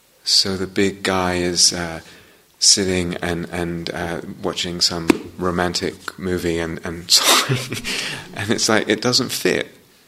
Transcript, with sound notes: So the big guy is sitting and watching some romantic movie, [laughs] and it's like, it doesn't fit,